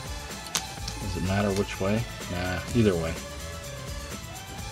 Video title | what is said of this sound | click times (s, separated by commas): UNBOXING - Dragon Stars - SS FUTURE TRUNKS & FUSION ZAMASU - Bandai Dragon Ball Super dragonball dbz | that's it barely even goes in and it doesn't snap or anything | none